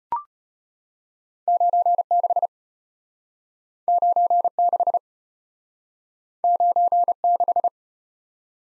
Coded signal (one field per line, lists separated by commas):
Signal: Morse code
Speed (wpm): 34 wpm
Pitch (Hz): 700 Hz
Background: none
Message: 96 96 96